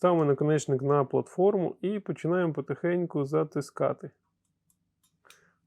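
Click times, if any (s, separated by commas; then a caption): 4.7 s, 5.3 s. Someone talks while a metal terminal lug is placed on the die platform of an ACKO HS-03BC terminal and pin crimping tool and the handles are slowly squeezed. After the talking stops, the tool's ratchet gives faint clicks at 4.7 s and 5.3 s. The terminal ends up clamped in the jaws, held well at the front and back.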